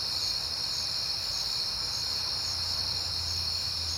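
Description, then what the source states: Crickets trilling in a steady, continuous high-pitched chorus, with a low rumbling hum underneath from about halfway through. At night in September, on a peaceful night.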